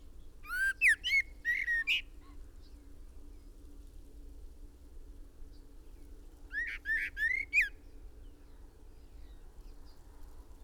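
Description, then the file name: Common blackbird singing two phrases of mellow whistles, separated by several seconds of quiet. "Turdus merula"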